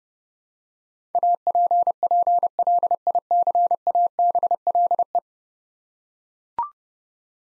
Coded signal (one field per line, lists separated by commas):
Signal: Morse code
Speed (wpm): 30 wpm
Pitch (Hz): 700 Hz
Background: none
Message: APPLICABLE